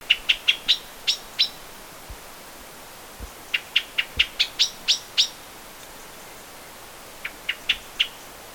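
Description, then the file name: Common blackbird giving sharp, clicking chink notes in quick bursts of several, with short pauses between series; a few faint low thumps underneath. "Turdus merula"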